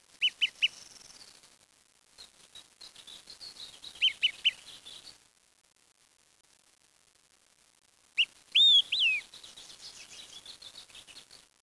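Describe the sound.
Bird calls in bursts: quick high chirps in groups of three, a silent gap, then a louder slurred whistle.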